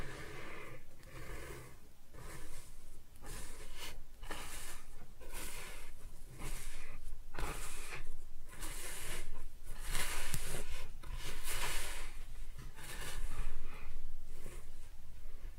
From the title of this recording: Kinetic Sand Cutting and Scooping Sounds